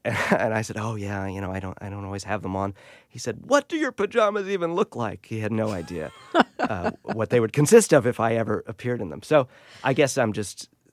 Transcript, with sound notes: And I said oh, yeah, I know. I don't always have them on. He said, what do your pajamas even look like? He had no idea...
(LAUGHTER)
...what they would consist of if I ever appeared in them. So I guess I'm just